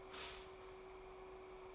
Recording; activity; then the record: daily activity, microphone in the room; stop toaster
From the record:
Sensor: 1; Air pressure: 1014.7 hPa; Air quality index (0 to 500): 201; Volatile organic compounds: 34 ppm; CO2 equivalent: 3047 ppm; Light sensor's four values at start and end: 3/8/3/3 and 3/8/3/3